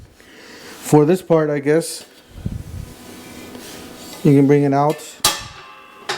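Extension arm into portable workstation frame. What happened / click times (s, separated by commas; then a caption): The extension arm latched in its extended position / 5.2 s. Someone talks while the extension arm of a Franklin Hands Free Portable Workstation (Jawhorse) 64827 is pulled out of the portable clamping workstation frame. At 5.3 s a single sharp click is heard as the arm locks in its extended position, seated.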